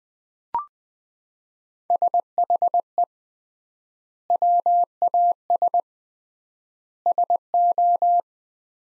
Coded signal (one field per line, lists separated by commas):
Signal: Morse code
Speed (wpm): 21 wpm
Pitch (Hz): 700 Hz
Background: none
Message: SHE WAS SO